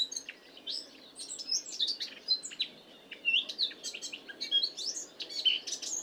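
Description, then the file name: Eurasian blackcap, a rapid, jumbled warble of high chirps and scratchy notes running on almost without a break over a soft, steady background hiss. "Sylvia atricapilla"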